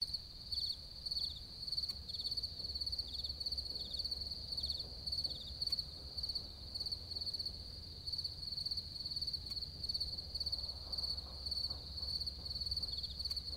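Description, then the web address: Cricket chorus of bright, high pulsed chirps repeating steadily in short bursts with brief gaps, with a soft low background hum throughout. Recorded on a TRV 900 device. "damir vrancic. crickets"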